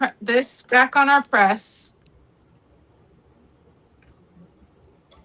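An attachment is handled as it goes back onto a heat press, the HTVRont A100 Multi Press, to be turned into place. Someone talks for the first two seconds, then only a few faint, small clicks and handling sounds are heard against quiet. Nothing has seated or clicked into place yet.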